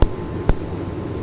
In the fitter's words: you'll hear the nice snap once that starts cracking.